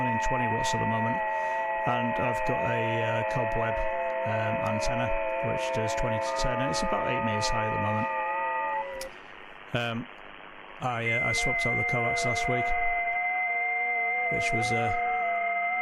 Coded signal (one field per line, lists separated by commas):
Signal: FT8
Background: speech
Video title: Saturday night FT8 session on 15m, east coast USA is open !